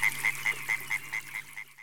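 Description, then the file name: Frog calling with a quick series of short, clicky pulsed notes, about four or five each second, that fade away toward the end. "pioupiou grenouille"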